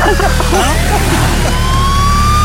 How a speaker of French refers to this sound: c'était moi qui suis passé avec la voiture, mais bon, c'est une voiture un peu rapide